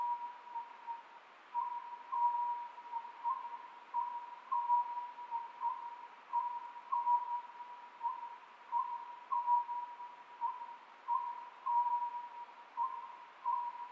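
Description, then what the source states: Oriental scops owl song, a long run of even whistled notes in repeated short phrases, steady in pitch and rhythm, with a faint continuous hum behind. Recorded 27 May 2010 at 23:35.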